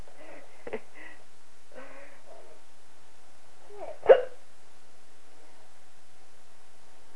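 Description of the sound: Brief background voices give way to a single loud, abrupt gulping click about four seconds in, with a fainter similar catch earlier. These sharp, isolated bursts are an adult's hiccups: sudden involuntary diaphragm spasms snapping the vocal cords shut.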